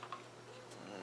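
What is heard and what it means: A .357 SIG conversion barrel is handled and dropped toward place in a Sig P250 pistol's slide and frame during a caliber swap. Two brief, light ticks sound at about 0.0 and 0.1 s, followed by quiet handling noise. Nothing has seated or clicked yet.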